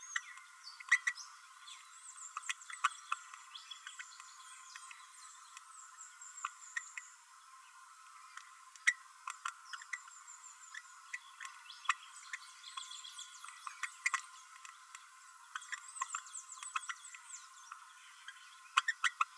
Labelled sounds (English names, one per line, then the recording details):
Green-rumped Parrotlet babbling
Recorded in a nest box in Venezuela
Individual 18B12A3